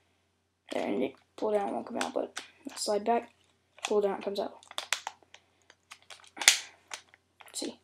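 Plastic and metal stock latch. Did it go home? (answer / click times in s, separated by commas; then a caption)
yes / 6.5 s. Someone talks while unfolding the retractable plastic/metal folding stock of a UHC mini Uzi airsoft gun and snapping it into its extended position, with brief sharp clicks around 4.8–4.9 s. A loud snap at 6.5 s marks the stock locking in place in its extended position.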